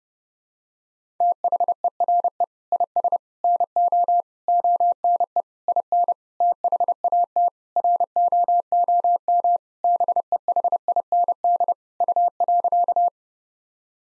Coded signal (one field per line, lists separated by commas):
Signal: Morse code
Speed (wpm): 32 wpm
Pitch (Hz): 700 Hz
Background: none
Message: THERE IS NO ONE IN THAT ROOM BEHIND U.